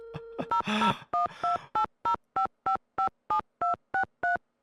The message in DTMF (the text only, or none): 0012805557263